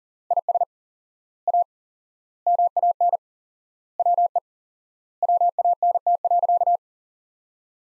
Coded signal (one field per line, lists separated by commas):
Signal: Morse code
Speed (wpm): 37 wpm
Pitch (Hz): 700 Hz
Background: none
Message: IS A MAN WE WANT.